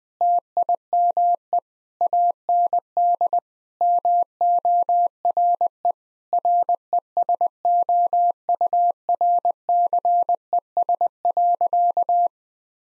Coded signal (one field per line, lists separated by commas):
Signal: Morse code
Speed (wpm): 21 wpm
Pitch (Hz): 700 Hz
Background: none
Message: TIME AND MORE RESOURCES.